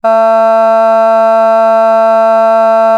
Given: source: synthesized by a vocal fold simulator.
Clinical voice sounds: sustained vowel; female; vocal strain, level 3 of 10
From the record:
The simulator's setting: 0.22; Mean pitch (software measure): 224 Hz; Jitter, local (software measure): 0.18%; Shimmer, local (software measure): 0.8%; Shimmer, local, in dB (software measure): 0.07 dB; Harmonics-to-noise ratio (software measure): 34.3 dB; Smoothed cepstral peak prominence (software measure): 20.4 dB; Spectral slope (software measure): -20.6 dB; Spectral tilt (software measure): -8.3 dB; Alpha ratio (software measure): -11.1 dB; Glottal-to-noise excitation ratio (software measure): 0.992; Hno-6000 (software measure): 2.5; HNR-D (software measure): 41.5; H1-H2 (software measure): 4.3 dB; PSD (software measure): 8.6e-06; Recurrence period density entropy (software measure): 0.143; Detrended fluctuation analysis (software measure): 0.0121

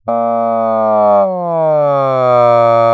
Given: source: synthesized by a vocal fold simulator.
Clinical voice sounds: sustained vowel; male; asymmetry, level 35 of 51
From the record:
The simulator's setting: 4.40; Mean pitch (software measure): 126 Hz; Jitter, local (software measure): 0.24%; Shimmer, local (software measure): 1.6%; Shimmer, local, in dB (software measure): 0.11 dB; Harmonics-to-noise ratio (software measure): 30.8 dB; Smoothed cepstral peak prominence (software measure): 23.4 dB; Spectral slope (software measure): -18.9 dB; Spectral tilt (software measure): -13.0 dB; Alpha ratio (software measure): -9.4 dB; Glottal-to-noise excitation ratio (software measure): 0.958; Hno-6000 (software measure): 2.9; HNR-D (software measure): 24.9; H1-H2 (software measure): -2.3 dB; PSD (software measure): 1.3e-03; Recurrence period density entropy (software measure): 0.113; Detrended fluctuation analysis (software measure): 0.0453

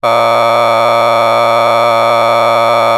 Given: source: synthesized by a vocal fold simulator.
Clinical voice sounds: sustained vowel; male; a random mix of aspiration noise, stiffness perturbation and strain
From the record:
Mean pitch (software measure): 116 Hz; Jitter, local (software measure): 2.60%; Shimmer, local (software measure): 4.7%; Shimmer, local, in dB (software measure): 0.35 dB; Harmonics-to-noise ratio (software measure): 8.7 dB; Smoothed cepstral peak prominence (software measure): 16.1 dB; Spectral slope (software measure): -12.9 dB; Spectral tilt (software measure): -10.1 dB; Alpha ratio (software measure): -3.3 dB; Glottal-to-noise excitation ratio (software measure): 0.988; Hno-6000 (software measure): 1.9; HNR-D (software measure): 21.6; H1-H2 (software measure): 1.1 dB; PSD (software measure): 2.1e-04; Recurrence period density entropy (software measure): 0.125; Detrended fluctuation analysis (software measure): 0.0327

